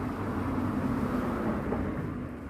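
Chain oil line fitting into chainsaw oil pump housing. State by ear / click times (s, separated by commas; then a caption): not seated / none. The square-edged fitting of a new chainsaw chain-oil line is turned and lined up in its seat in the oil pump housing, since it will not lock in if it is oriented wrong. Only a steady, low, engine-like rumble is heard, easing slightly toward the end. The fitting has not been pressed in and nothing has seated or clicked yet.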